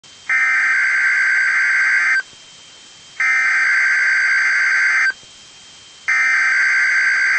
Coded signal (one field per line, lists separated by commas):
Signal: Emergency Alert System (SAME) tones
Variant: header bursts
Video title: EAS: Required Weekly Test